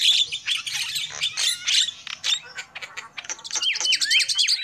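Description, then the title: Lovebird calls: loud harsh squawks at first, then a run of quick, repeated dipping chirps toward the end. Lure call used for trapping birds. "PIKAT BURUNG LOVEBIRD"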